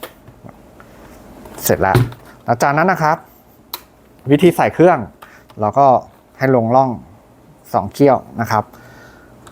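A BLAISE X2 helmet Bluetooth intercom unit is handled at its plastic helmet mounting base, lined up to slide into the mount's two prongs, while someone talks. Only brief handling taps are heard, the sharpest near 3.7 s. The clip ends before the unit goes home, so nothing has seated or clicked yet.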